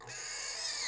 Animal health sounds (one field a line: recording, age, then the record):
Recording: pig call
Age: weaner (32 to 43 days)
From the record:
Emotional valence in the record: negative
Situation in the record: restrain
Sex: male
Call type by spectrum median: high-frequency call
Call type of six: high-frequency stable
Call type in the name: high-frequency stable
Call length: 0.88 s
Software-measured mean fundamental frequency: 225 Hz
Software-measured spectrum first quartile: 3659 Hz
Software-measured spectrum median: 5450 Hz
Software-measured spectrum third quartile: 7444 Hz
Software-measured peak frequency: 5154 Hz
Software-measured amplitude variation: 78 dB a second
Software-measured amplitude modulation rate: 31.3 a second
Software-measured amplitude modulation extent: 2.5 dB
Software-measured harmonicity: 0.7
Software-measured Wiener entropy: -1.48